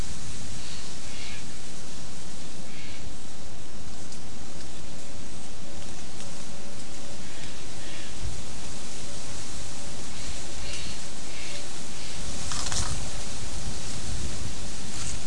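Steady wind hisses through oak and bay leaves for the whole fifteen seconds, with a low rumble underneath and gusts swelling around the middle. Brief scratchy rustles in dry leaf litter come and go, sharpest near twelve seconds, like a bird scratching while foraging.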